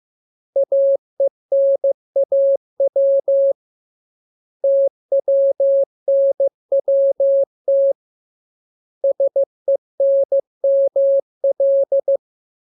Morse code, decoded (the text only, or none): AENAW TWNWT SENML